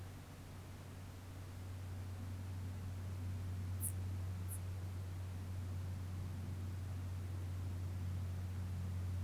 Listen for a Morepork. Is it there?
no